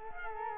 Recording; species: mosquito wingbeat signal from an infrared sensor; Culex quinquefasciatus